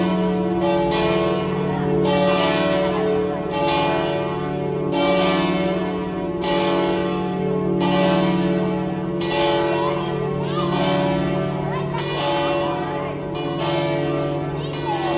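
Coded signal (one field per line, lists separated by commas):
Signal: bell signal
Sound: several church bells swinging in continuous overlapping peal, rich ringing tones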